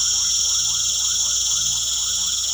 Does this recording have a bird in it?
no